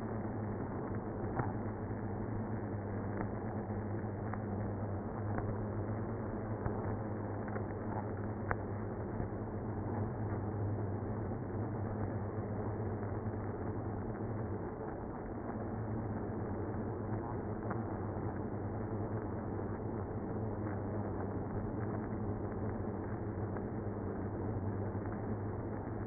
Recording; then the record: honeybee colony, microphone inside the hive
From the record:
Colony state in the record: queenless (queen removed); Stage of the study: after two queens were removed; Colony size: about 60,000 bees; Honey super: yes